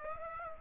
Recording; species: mosquito wingbeat signal from an infrared sensor; Aedes aegypti